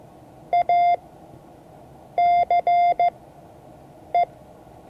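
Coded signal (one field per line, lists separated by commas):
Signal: Morse code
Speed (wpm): 15 wpm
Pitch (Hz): 700 Hz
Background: none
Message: ACE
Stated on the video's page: Morse code class.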